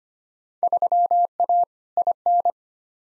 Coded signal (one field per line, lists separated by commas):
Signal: Morse code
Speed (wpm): 25 wpm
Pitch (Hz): 700 Hz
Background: none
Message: 3A IN